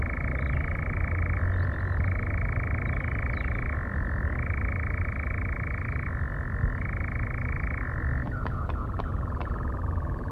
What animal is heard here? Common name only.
Eurasian Nightjar